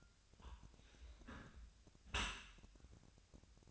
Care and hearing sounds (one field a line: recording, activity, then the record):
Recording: daily activity, microphone in the room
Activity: close dishwasher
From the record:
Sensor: 2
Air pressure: 1006.6 hPa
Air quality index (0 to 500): 201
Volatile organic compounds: 14 ppm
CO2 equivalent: 2464 ppm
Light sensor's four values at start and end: 9/22/9/9 and 9/22/9/9